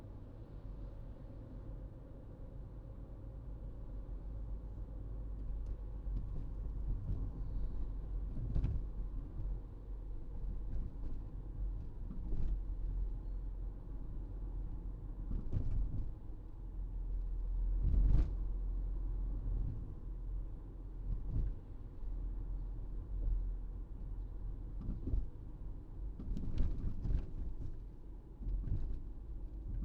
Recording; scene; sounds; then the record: everyday scene through a hearing-aid microphone; in a vehicle; engine, rumble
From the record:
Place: Berlingo II, diesel engine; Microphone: in the ear canal, right